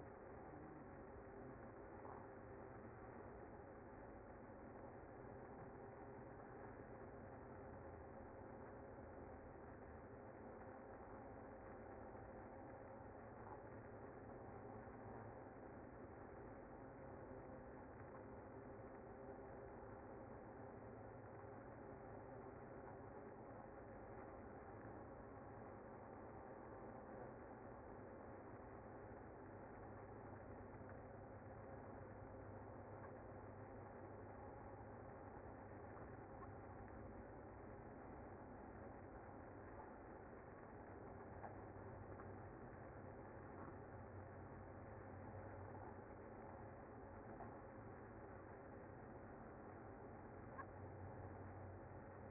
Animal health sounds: honeybee colony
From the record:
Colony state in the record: active

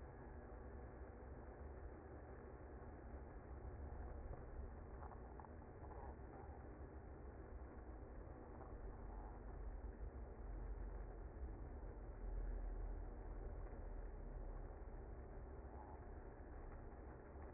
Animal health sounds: honeybee colony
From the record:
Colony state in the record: active

